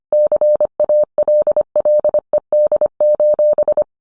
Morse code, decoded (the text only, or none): CALLED: